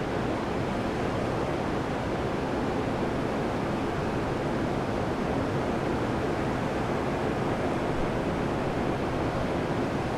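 Surf rolls in as a steady, dense wash of sound, heavy in the low end, with no breaks or distinct waves standing out.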